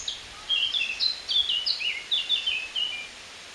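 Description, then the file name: Eurasian blackcap song: a rapid, varied warble of high chirping notes run together for about three seconds, over faint steady background hiss. "Sylvia atricapilla"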